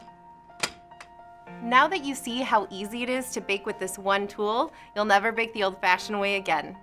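A plastic lid is twisted tight onto a Pampered Chef Batter Mixer & Dispenser barrel with the dispensing cap in place, and it clicks shut at 0.6 s, followed by a couple of faint ticks. The lid is seated. Then someone talks over background music.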